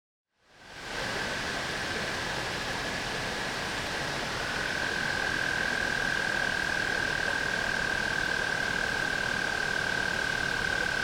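Tree frog trill, faint at first beneath a broad hiss, then sharpening into a clear, steady high buzzing note partway through.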